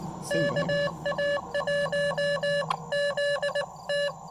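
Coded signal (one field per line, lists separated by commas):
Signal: Morse code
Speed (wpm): 19 wpm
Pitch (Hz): 590 Hz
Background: none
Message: KA1 ZT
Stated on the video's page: Roadside park activation on the Blue Ridge Parkway.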